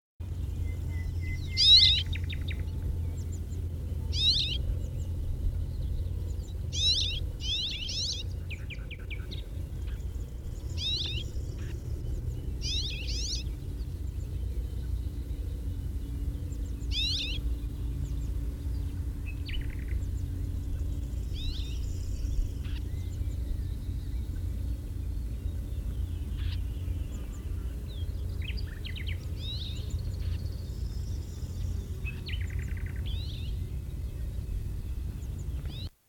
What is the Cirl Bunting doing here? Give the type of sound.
call